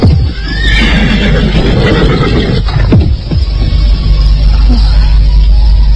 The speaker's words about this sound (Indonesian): Samar-samar dia mendengar derap seekor kuda, semakin lama semakin dekat.